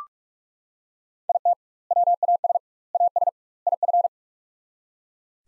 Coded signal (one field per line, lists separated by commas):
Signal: Morse code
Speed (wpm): 42 wpm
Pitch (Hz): 700 Hz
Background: none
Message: IT WAS AS IF